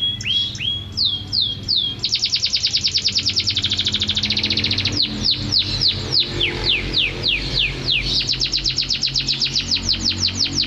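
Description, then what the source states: Canary song: a few whistled downward slurs, then a long, fast, buzzy trill, more sweeping descending notes and another rapid rolling trill at the end. Canary described as gacor (singing vigorously); a first-place champion bird.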